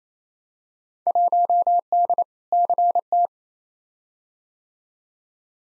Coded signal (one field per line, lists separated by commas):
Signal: Morse code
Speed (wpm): 28 wpm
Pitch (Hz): 700 Hz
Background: none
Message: 1D CT